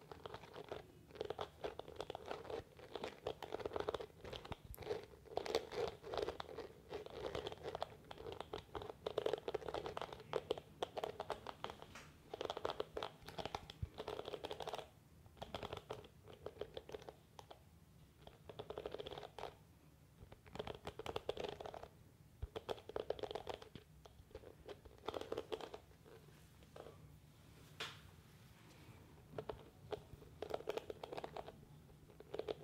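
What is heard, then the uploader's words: Hair being brushed, with repeated scratchy strokes in uneven bursts and brief pauses between them, fairly bright. Hair Brushing.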